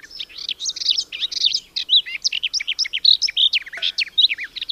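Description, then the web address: Garden warbler song: a continuous, bubbling warble of quick varied notes with a few clearer whistled accents, flowing without a pause for nearly five seconds. "Madardalok Kerti poszáta"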